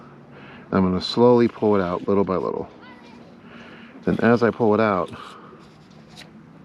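A telescoping fishing rod section is pulled slowly out of the next rod section, little by little, while someone talks over quiet background noise. Nothing has seated or clicked yet; the section has not locked into place.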